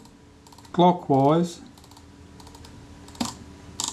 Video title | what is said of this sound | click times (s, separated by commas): Kodak Retina IIa strip down and service. Part 03 | I hear it click into place there | 3.8 s